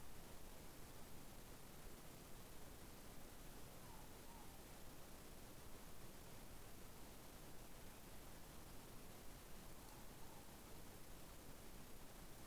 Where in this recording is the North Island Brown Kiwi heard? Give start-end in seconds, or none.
none